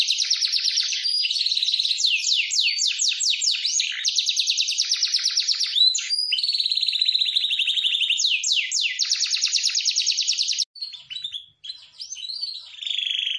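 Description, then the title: Atlantic canary singing long fast trills and rattling tours, broken by swept whistled notes, with a brief pause near the end before singing resumes. Canary song with a varied ornate style (cengkok), used as a tutor recording for training songbirds such as white-eyes (masteran). "Cengkok Kenari Mewah. KENARI GACOR, KENARI CENGKOK MEWAH, COCOK BUAT MASTERAN PLECI"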